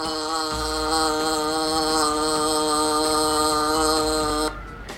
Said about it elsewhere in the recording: So that's a classic example of vocal tremor. You can actually hear the tremor in the way that the vocal folds, the laryngeal muscles are twitching somewhat. And that affects the pitch. The same sort of tremor that you have in your hands, your arms, you're saying that's basically happening around in the muscles around your vocal cords.